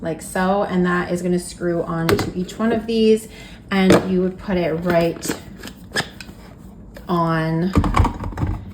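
A single-serve blender cup with its extractor blade screwed on is handled and set onto the blender motor base while someone talks, with a few brief handling knocks near the end. Nothing has seated or clicked yet; the cup has not locked onto the base by the end.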